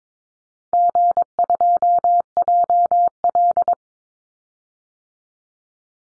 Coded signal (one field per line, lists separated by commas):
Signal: Morse code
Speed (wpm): 22 wpm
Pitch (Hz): 700 Hz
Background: none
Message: G2JL